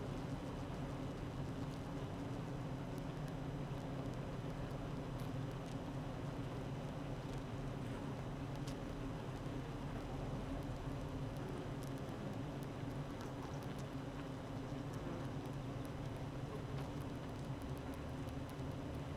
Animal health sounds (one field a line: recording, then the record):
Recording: honeybee colony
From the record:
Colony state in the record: active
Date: 12 June 2018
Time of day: 8:29